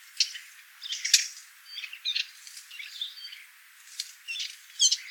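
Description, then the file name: Eurasian blackcap call notes, a few hard clicks scattered throughout, mixed with many other high chirps and twitters from surrounding birds. "Sylvia atricapilla"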